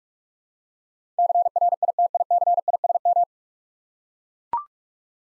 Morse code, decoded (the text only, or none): CRITICISM